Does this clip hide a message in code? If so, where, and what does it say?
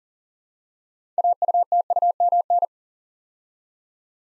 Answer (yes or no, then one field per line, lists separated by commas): yes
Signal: Morse code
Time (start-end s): 1.2-2.6 s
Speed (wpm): 40 wpm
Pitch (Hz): 700 Hz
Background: none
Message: AUTUMN